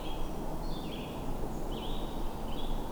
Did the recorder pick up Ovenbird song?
no